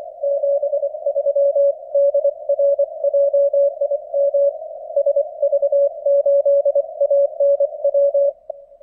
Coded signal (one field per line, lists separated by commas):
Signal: Morse code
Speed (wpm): 24 wpm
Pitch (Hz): 560 Hz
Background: none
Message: 73 DR JIM SV8ANW